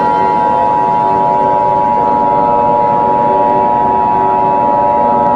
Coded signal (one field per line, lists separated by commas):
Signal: Emergency Alert System (SAME) tones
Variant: 853 and 960 Hz attention tone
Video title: Eas Scenario Attack of￼￼ fnas